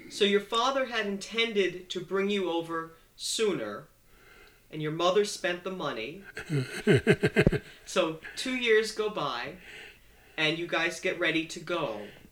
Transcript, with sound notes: So your father had intended to bring you over sooner. And your mother spent the money. (laughs) So two years go by, and you guys get ready to go.